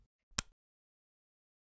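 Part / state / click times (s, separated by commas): thermostat display onto its wall base / seated / 0.4 s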